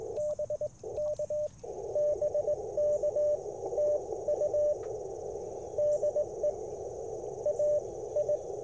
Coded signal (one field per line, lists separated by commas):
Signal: Morse code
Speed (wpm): 21 wpm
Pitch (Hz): 600 Hz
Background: radio noise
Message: BK BK TU DE AI